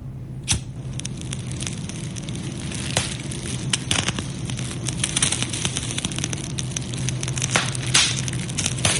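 A bonfire crackles steadily, its sharp irregular pops and snaps sounding over a constant low rumbling hiss of burning wood, with no voices.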